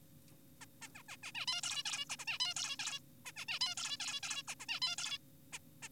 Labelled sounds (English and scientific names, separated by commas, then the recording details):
Zebra Finch (Taeniopygia guttata)
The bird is an adult
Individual g4p5U